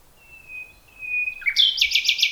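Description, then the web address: Common nightingale song: a pure sustained whistle building in strength, then breaking into loud rapid repeated chopped notes. "nachtegaal luscinia megarhynchos"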